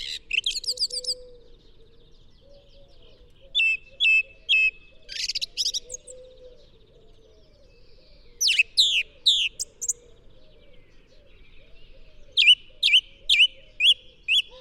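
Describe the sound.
Song thrush song with phrases plainly repeated, a triple note then a run of several identical sharp notes near the end, gaps of two to three seconds between bursts; faint low warbling behind.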